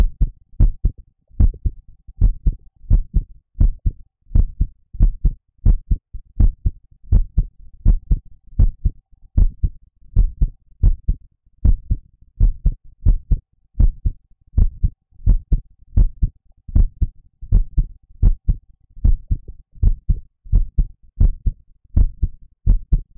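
Steady, muffled low thumps in lub-dub pairs at about 80 beats a minute, with an even rhythm throughout. It is a close heartbeat, presented in an audio roleplay as the heartbeat of Miko, a maid character, with no other sounds.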